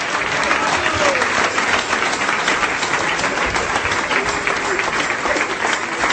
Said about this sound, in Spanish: Ese aplauso de victoria, hermano, para nuestro Dios.